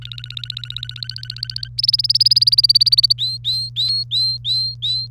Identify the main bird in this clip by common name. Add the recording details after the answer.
Domestic Canary. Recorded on 30 April 2018 at 15:34. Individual llb3